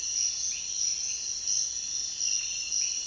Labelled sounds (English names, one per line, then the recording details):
none
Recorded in dense forest near Puerto Asís, Putumayo, Colombia, on 22 June 2025 at 05:30
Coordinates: 0.466, -76.327
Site GP04